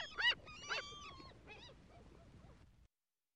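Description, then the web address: Gulls calling, a few loud harsh yelping cries at the start, then fainter wavering calls until the sound cuts off abruptly, over a low background rumble. "чайки"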